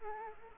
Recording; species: mosquito wingbeat signal from an infrared sensor; Culex quinquefasciatus